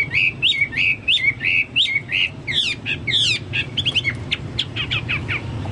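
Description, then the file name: Chinese hwamei song: a series of rising whistled notes repeated quickly, then fast varied trills and sweeping slurs, over a low background hum. "hwamei-2-omkicau"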